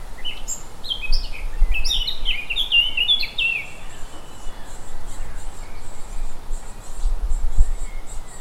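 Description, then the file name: Eurasian blackcap song: a rapid, varied warbling phrase of high notes lasting about three seconds, followed by faint scattered chirps over low rumbling wind noise. "Sylvia atricapilla"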